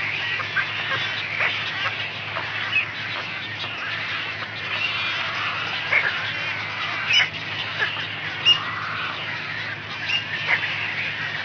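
Brown Pelican rough squawking calls, brief harsh notes at irregular intervals above a dense, continuous hiss and a faint low hum.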